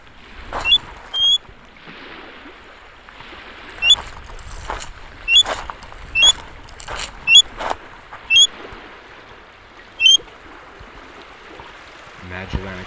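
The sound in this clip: Magellanic oystercatcher giving several short, sharp, high piping notes amid loud bursts of surf-like noise, with a brief low sound at the end.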